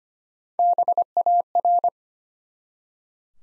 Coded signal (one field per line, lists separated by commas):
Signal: Morse code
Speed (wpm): 25 wpm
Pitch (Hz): 700 Hz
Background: none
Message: BAR